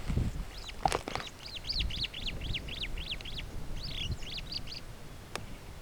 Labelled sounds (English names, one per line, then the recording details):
Superb Starling flight call
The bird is a male
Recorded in Kenya on 17 June 2010
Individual 92, of group SRB1